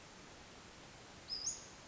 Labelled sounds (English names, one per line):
Western Flycatcher